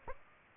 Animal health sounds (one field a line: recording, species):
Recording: mosquito wingbeat signal from an infrared sensor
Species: Aedes aegypti